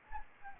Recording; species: mosquito wingbeat signal from an infrared sensor; Anopheles gambiae